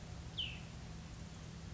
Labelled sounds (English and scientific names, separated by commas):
Cassin's Vireo (Vireo cassinii)